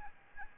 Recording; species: mosquito wingbeat signal from an infrared sensor; Aedes albopictus